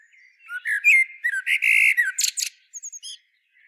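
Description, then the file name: Common blackbird delivering a dense phrase of mellow slurred notes running into harsh, buzzy high chatter, ending with a few thin, quick squeaks. "Turdus merula"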